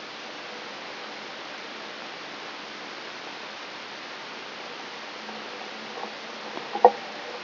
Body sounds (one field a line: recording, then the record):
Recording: brain microelectrode recording played as sound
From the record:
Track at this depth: outside the subthalamic nucleus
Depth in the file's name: 7.727 mm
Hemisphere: right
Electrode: 3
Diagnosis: Parkinson's disease